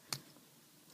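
A plastic ink converter is pushed into the grip section of a Lamy Safari fountain pen, and its notches click into place. A single sharp click is heard at 0.1 s, followed by near silence, showing the converter is inserted the right way and seated securely.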